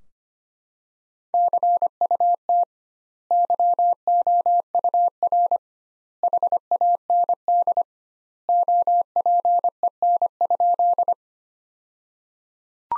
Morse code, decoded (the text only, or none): CUT YOUR HAND OPEN?